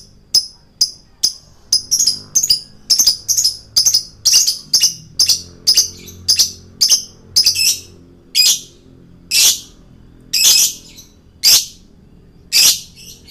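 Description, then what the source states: Lovebird uttering a long series of high chirps, quick and dense at first, then slowing to spaced single notes. Male lovebird, described as 'gacor'.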